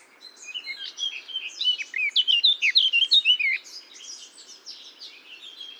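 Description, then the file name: Eurasian blackcap song, a stream of quick warbled notes swelling into a loud fluty flourish, then soft trailing chatter. "Sylvia atricapilla"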